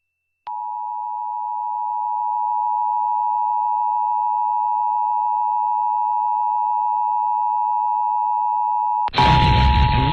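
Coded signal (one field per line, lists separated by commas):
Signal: Emergency Alert System (SAME) tones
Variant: 853 and 960 Hz attention tone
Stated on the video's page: Indiana Required Monthly Test received off a 95.1 FM broadcast station in Fort Wayne; audio quality was poor.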